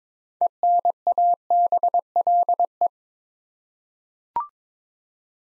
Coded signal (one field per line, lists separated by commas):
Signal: Morse code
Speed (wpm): 22 wpm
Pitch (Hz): 700 Hz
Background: none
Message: ENABLE